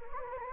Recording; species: mosquito wingbeat signal from an infrared sensor; Anopheles gambiae